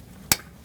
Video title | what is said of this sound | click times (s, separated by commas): How to Replace Radiator 2008-2014 Mercedes-Benz C300 | You should hear that click. | 0.3 s